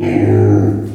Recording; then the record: squeal of a Yucatan mini pig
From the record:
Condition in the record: before surgery on the right vocal fold (resection and tissue-engineered implant); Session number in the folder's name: 3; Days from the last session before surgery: 0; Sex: female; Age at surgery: 19 weeks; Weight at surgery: 25 kg